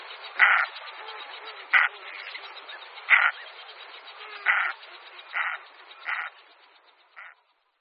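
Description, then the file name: Common merganser gruff rasping notes given irregularly, roughly every second. "Morčák velký"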